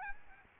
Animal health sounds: mosquito wingbeat signal from an infrared sensor; Aedes albopictus

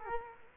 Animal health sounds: mosquito wingbeat signal from an infrared sensor; Culex quinquefasciatus

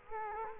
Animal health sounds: mosquito wingbeat signal from an infrared sensor; Culex quinquefasciatus

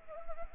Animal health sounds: mosquito wingbeat signal from an infrared sensor; Anopheles arabiensis

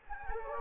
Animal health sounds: mosquito wingbeat signal from an infrared sensor; Anopheles gambiae

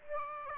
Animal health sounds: mosquito wingbeat signal from an infrared sensor; Aedes aegypti

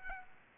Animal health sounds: mosquito wingbeat signal from an infrared sensor; Aedes aegypti

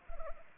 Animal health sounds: mosquito wingbeat signal from an infrared sensor; Anopheles arabiensis

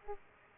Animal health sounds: mosquito wingbeat signal from an infrared sensor; Aedes aegypti

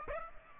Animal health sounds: mosquito wingbeat signal from an infrared sensor; Aedes aegypti

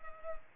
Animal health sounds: mosquito wingbeat signal from an infrared sensor; Culex pipiens

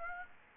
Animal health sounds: mosquito wingbeat signal from an infrared sensor; Aedes aegypti

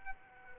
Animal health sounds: mosquito wingbeat signal from an infrared sensor; Aedes aegypti

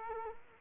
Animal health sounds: mosquito wingbeat signal from an infrared sensor; Culex quinquefasciatus

